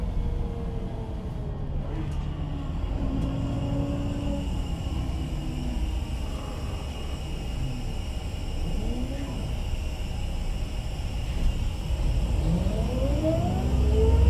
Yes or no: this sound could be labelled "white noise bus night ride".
yes